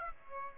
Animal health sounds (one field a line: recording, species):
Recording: mosquito wingbeat signal from an infrared sensor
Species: Aedes aegypti